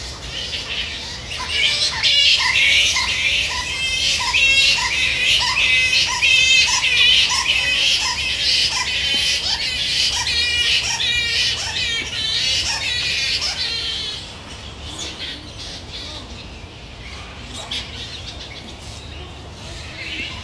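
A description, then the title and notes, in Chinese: A bat roost in a reserve near Sydney, alive with a dense, overlapping chorus of shrill squeals and chattering calls that repeat in quick, rapid bursts. The racket is loud for about fourteen seconds, then thins and drops, over a low rumble. 拉克兰保护区蝙蝠栖息地，悉尼，澳大利亚。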